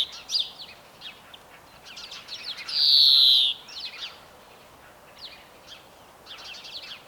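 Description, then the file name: European greenfinch song: a loud, drawn-out wheezy buzz lasting about a second, amid soft rapid twittering trills before and after. "Chloris chloris"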